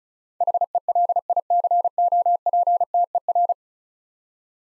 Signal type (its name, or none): Morse code